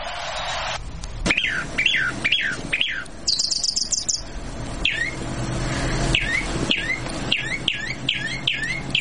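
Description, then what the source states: Chalk-browed Mockingbird song: a run of repeated, downslurred chirps with a brief high trilled phrase in the middle, over a low background rumble. Played in a radio bird-identification game; a common bird people are used to hearing and barely notice; eats a lot of fruit.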